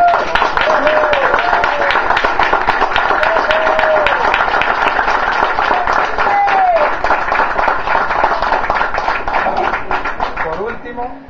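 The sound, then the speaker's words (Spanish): A crowd applauds steadily for about eleven seconds for the municipality of Sucre, dense rapid clapping that stays loud before tapering slightly at the end, with a few voices calling out over it. “Y bueno, de verdad, un fuerte aplauso para el municipio de Sucre.”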